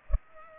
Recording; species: mosquito wingbeat signal from an infrared sensor; Culex pipiens